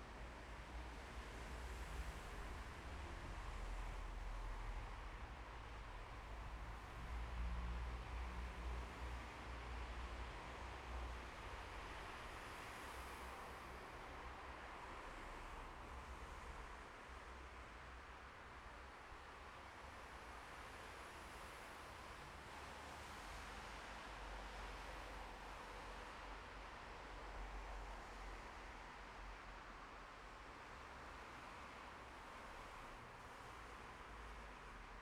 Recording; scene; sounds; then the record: everyday scene through a hearing-aid microphone; in traffic; traffic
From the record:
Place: bus stop on a city main road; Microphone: behind the ear, left, front